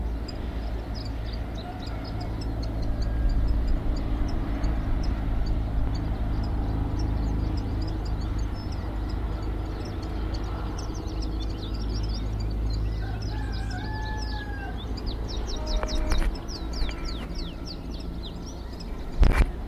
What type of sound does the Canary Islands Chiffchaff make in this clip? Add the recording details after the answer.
song. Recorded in the wild. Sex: male. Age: adult. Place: Bonanischer Garten über Puerto de la Cruz, Teneriffa, Teneriffa, Kanarische Inseln, ES. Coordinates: 28.4117, -16.5358. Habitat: park. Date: 1964-04-27 15:20. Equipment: Nagra III PH, LGS26. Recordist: Sapper